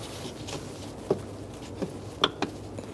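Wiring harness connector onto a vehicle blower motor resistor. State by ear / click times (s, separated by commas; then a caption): seated / 2.2 s. A wiring harness connector is lined up on a new blower motor resistor in a 1997–2006 Jeep Wrangler and pushed in. Faint rustling and small taps lead up to a sharp click at 2.2 s, followed by lighter ticks around 2.4 s and 2.8 s. The connector is seated and holds firm.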